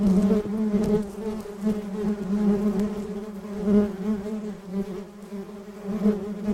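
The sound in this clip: Buzzing bees produce a continuous low hum, wavering slightly in loudness and pitch throughout.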